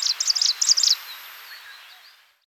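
Striated prinia song fragment: a brief run of sharp, high buzzy notes lasting about a second, then fading quiet with faint calls.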